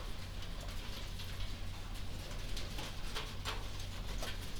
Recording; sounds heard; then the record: poultry house recording; no chicken sound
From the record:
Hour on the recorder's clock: 22